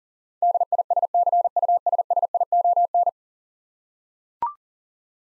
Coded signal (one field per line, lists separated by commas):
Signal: Morse code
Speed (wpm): 37 wpm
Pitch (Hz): 700 Hz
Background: none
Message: DISCUSSION